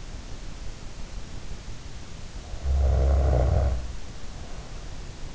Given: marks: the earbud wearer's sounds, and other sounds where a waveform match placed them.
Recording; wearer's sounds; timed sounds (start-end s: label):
sounds in sleep by an in-ear microphone; snoring breath
2.27-5.07 s: snoring breath